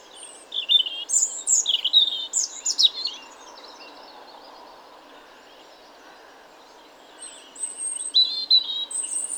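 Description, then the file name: European robin song: rapid high jumbled notes and thin whistles in a burst, a long quiet gap, then another shorter warbled phrase. "Erithacus rubecula"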